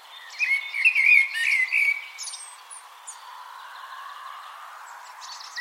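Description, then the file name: Common blackbird uttering one short fluty warbled phrase with high scratchy notes, then quiet background hiss with a few faint high sounds. "Turdus merula"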